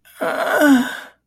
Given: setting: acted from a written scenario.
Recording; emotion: vocal sound without words; distress